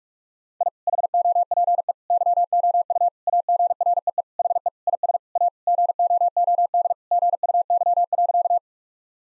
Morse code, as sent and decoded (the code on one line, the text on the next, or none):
.. / .... --- .--. . / -.-- --- ..- / .- --. .-. . . / .... . / .. ... / .- / --. --- --- -.. / --. ..- -.-- .-.-.-
I HOPE YOU AGREE HE IS A GOOD GUY.